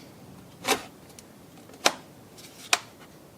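A battery pack slides onto a cordless power tool after its worn battery latch has been fixed. There is a broad rustle near 0.7 s and a sharp snap at 1.9 s. The pack then locks home with a crisp click at 2.7 s, seated as confirmed.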